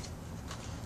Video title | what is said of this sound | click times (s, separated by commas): RC ADDICTS How to put a tire on a beadlock | You're going to hear it click, right like that. | 0.5 s